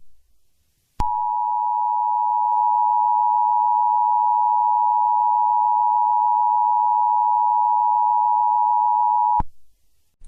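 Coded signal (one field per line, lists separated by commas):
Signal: Emergency Alert System (SAME) tones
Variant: 853 and 960 Hz attention tone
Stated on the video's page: Fictional EAS scenario, re-uploaded.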